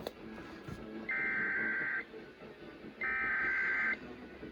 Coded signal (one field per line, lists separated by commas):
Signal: Emergency Alert System (SAME) tones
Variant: header bursts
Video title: EAS 925 - Law Enforcement Warning